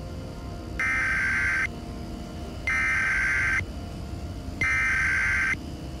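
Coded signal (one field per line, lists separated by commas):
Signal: Emergency Alert System (SAME) tones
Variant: header bursts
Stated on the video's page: Fictional EAS broadcast in an audio drama, with sound design created for the episode.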